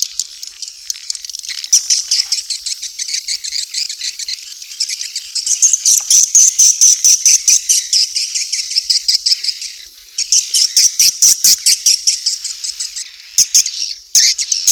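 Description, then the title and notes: Swiftlet chirping, high rapid pulsed twitters in rhythmic bursts, swelling louder midway and continuing with fast clicking runs to the end. From Asia, used in swiftlet farming to attract birds. "Swiflet Bird Sound. Farming Swiflet Bird asia"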